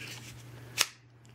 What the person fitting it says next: As you can hear, it goes in and out with a pretty good snap.